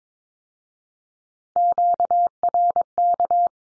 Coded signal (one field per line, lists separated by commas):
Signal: Morse code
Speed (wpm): 22 wpm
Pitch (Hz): 700 Hz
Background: none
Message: QRK